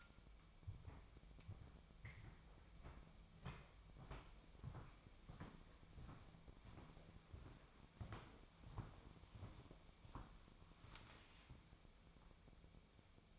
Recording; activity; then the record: daily activity, microphone in the room; walk to room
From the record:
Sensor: 1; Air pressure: 999.9 hPa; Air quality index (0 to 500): 128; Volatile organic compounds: 2 ppm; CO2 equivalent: 1216 ppm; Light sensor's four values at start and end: 43/106/45/56 and 40/103/42/53